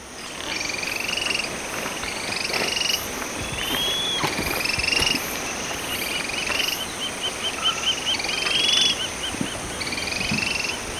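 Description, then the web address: Yellow tyrannulet giving repeated short trilled phrases over a loud, constant insect chorus. Recorded in Ecuador. "Birds of Ecuador. Yellow Tyrannulet"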